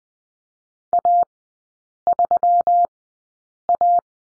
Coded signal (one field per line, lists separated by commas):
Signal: Morse code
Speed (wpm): 20 wpm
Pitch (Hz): 700 Hz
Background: none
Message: A3A